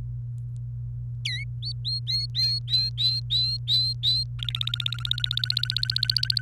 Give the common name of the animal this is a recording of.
Domestic Canary